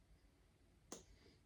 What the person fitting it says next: There you go. You hear the click and it fits on.